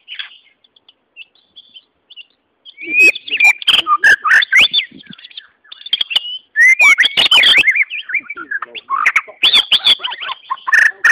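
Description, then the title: White-rumped Shama song that starts with soft, sparse whistles, then bursts into loud, fast whistled phrases with harsh rasping notes and clicks. "murai batu"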